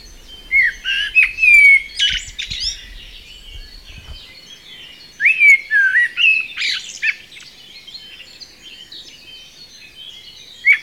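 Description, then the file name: Common blackbird singing two phrases of fluty whistles running into squeaky, twittering notes, about five seconds apart, with one last brief note at the end and a low rumble early on. "Turdus merula"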